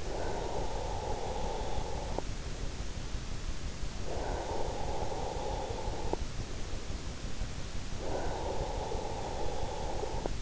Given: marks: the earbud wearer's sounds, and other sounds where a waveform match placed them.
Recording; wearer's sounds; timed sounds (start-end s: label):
sounds in sleep by an in-ear microphone; breath
0.00-2.10 s: breath
3.99-6.18 s: breath
7.99-10.42 s: breath